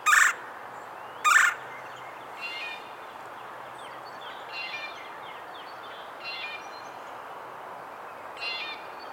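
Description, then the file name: Red-bellied woodpecker giving rolling churring calls every couple of seconds, after two sharp loud bursts at the start, with faint hiss behind. "Melanerpes carolinus - Red-bellied Woodpecker"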